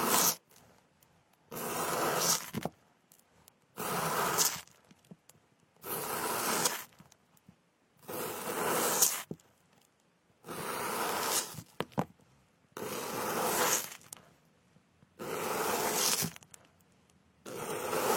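Fruit is being cut in a steady rhythm of rough, scraping strokes, each lasting about a second, separated by short silences roughly every two seconds. The strokes are gritty and bright, swelling and fading evenly, with faint clicks in the gaps.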